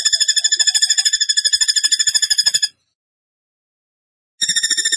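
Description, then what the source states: Bird song: a steady, ringing, fast trill of high repeated notes, a pause of nearly two seconds, then the trill resumes. Masteran training recording in the tembakan gacor style.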